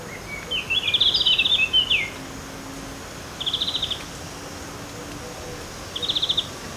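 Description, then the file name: Eurasian blackcap giving a scratchy warbled burst followed by two short trilled notes separated by pauses, against constant background noise. "Sylvia atricapilla"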